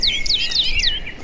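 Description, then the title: European greenfinch song: a quick run of four or five bright notes, each sweeping downward, delivered in a rapid twittering sequence over faint background noise. "vogel der woche. Gruenfink"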